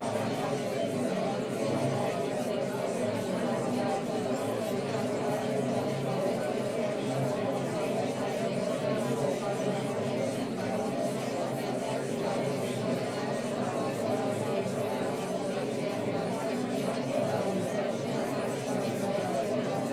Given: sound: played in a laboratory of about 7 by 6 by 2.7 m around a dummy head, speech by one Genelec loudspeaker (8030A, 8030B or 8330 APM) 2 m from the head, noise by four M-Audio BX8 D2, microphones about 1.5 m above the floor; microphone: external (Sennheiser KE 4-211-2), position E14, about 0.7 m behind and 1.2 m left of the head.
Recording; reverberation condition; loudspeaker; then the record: babble noise; low; four, about 170 cm from the corners of the room and facing them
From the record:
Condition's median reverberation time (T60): about 310 ms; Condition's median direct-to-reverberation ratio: about 3.5 dB